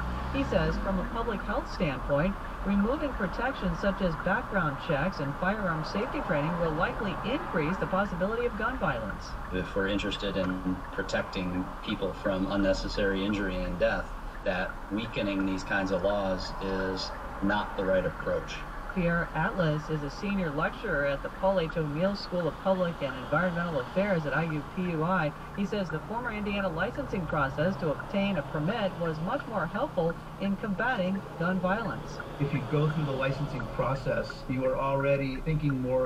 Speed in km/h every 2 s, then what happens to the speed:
0, 0, 0, 0, 0, 0, 0, 0, 0, 0, 0, 0, 0, 0, 0, 0, 0, 0.
0-36 standing.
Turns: none.